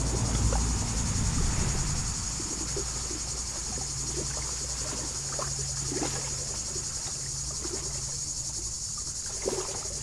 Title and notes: Brison-Saint-Innocent, France - Les cigales. Au bord du lac du Bourget par une chaude journée d'été. les cigales sont très actives aujourd'hui dans les peupliers du bord de l'eau. cymbalisation des cigales locales